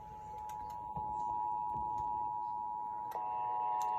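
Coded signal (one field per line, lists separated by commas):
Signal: Emergency Alert System (SAME) tones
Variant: 853 and 960 Hz attention tone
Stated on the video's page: Real local area emergency alert about COVID spread.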